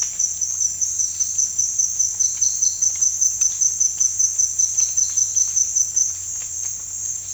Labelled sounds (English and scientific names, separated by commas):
none